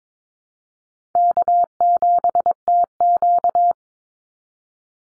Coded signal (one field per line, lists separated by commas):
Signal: Morse code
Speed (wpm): 22 wpm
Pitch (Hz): 700 Hz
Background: none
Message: K7TQ